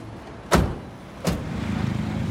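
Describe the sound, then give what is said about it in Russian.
At the airport in Bogotá, Colombia, two men get into a car: two car doors thump shut a moment apart, each a sharp, heavy slam, and a low, steady engine rumble continues after the second one. “Садятся в машину.”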